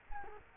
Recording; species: mosquito wingbeat signal from an infrared sensor; Culex quinquefasciatus